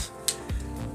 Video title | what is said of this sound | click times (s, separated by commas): Harbor Freight Predator 5.5hp 173cc lawn mower engine swap | and then snap right into place so | 0.3 s